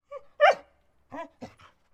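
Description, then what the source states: Labrador retriever yelping: one short high cry, then a loud sharp yelp, followed after a pause by three shorter, fading yelps, all against silence. Dog yelp.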